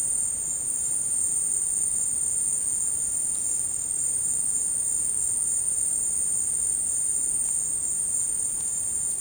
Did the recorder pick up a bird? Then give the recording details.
no. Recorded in secondary vegetation near Puerto Asís, Putumayo, Colombia, on 19 March 2025 at 15:00. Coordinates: 0.502, -76.326. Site G100